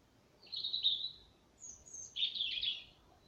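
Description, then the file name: European robin song: a thin, high note sliding down, a very high faint squeak, then a fast, jumbled, tinkling warble. "Erithacus rubecula"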